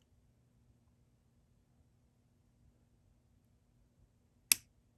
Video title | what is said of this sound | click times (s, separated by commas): Kershaw Federalist and Buck 501 Squire (Unboxing) | balls should click into place. | 4.5 s